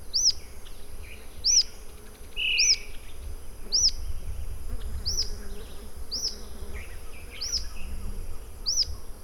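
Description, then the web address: Rough-legged tyrannulet repeating a thin, high, arched whistle about once per second, eight times. "sound Rough-legged-tyrannulet. صدای-پرنده-ژیانمرغک-پازبر"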